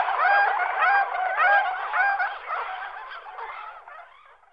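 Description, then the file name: Tundra swans calling together, a continuous dense mix of overlapping nasal honks that fades out over the final second. "Labut mala Cygnus columbianus"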